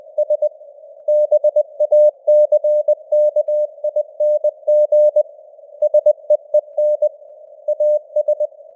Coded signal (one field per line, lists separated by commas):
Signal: Morse code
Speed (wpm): 20 wpm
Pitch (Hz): 600 Hz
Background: none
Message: S BACKING SEEN AS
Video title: Morse Code News | 2025-12-18 | 20wpm